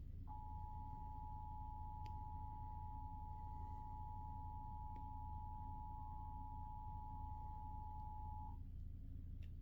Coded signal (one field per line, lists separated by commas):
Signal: Emergency Alert System (SAME) tones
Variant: 853 and 960 Hz attention tone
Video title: eas svr Eas #158